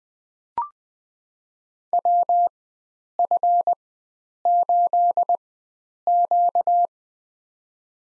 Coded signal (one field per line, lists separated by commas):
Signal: Morse code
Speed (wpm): 20 wpm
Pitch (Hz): 700 Hz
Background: none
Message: WF8Q